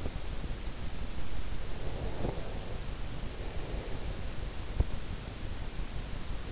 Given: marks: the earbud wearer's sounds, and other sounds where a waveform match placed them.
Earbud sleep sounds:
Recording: sounds in sleep by an in-ear microphone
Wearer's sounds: breath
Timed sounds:
1.98-4.10 s: breath

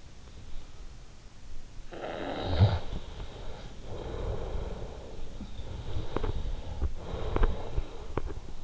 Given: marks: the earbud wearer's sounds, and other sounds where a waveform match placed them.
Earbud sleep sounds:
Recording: sounds in sleep by an in-ear microphone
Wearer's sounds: snoring breath, breath, teeth grinding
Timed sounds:
1.78-3.86 s: snoring breath
3.86-8.64 s: breath
6.01-8.33 s: teeth grinding

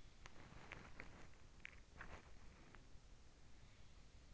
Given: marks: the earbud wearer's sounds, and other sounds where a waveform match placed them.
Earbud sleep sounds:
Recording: sounds in sleep by an in-ear microphone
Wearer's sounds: body movement, teeth grinding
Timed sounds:
0.14-3.08 s: body movement
0.51-2.87 s: teeth grinding

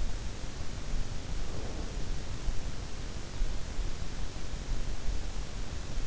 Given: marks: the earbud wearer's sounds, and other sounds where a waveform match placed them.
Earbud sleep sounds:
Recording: sounds in sleep by an in-ear microphone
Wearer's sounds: breath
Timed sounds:
1.27-2.37 s: breath

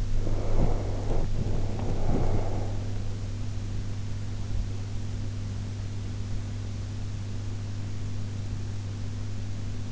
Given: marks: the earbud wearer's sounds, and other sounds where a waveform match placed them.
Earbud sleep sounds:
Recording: sounds in sleep by an in-ear microphone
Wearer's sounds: body movement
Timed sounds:
0.00-3.16 s: body movement

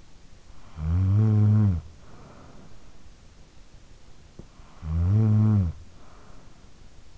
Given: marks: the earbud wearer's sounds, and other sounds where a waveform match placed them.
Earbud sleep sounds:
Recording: sounds in sleep by an in-ear microphone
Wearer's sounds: snoring breath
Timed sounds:
0.09-3.19 s: snoring breath
4.23-7.18 s: snoring breath

